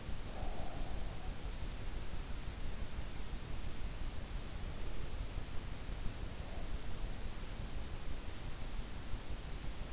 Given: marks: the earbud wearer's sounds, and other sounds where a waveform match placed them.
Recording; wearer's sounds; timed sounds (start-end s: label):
sounds in sleep by an in-ear microphone; breath
0.00-1.85 s: breath